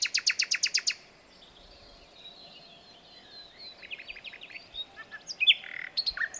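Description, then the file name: Common nightingale song: a fast burst of loud, evenly repeated clicking notes for about a second, then softer varied whistles and chirps resuming with scattered short phrases. "Luscinia megarhynchos"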